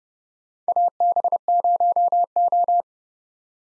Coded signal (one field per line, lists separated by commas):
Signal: Morse code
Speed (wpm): 31 wpm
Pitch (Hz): 700 Hz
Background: none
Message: AB0O